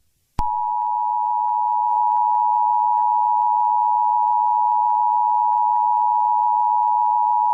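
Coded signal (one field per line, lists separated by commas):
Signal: Emergency Alert System (SAME) tones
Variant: 853 and 960 Hz attention tone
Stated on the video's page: Fictional EAS scenario.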